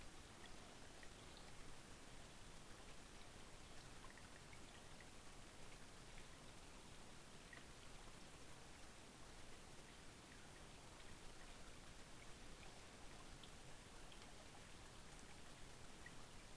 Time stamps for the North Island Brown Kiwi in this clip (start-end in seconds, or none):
none